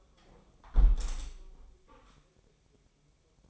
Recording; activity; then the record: daily activity, microphone in the room; close window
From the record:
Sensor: 1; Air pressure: 1014.9 hPa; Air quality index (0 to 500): 27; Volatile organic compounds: 1 ppm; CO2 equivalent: 513 ppm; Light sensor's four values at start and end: 11/26/10/12 and 11/26/10/11